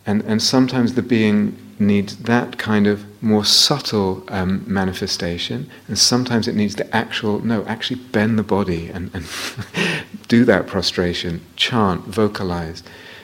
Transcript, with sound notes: Sometimes the being needs that kind of more subtle manifestation, and sometimes it needs the actual, "No, actually bend the body," and [laughs] do that prostration, chant, vocalize.